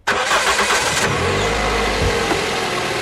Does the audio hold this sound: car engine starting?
yes